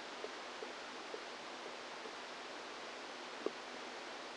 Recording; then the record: brain microelectrode recording played as sound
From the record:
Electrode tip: outside the subthalamic nucleus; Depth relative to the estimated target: -6 mm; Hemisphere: right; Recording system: NeuroSet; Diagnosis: Parkinson's disease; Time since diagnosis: 10 years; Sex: female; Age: 45 years